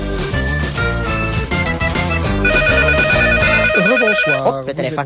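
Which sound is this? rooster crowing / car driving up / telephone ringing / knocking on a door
telephone ringing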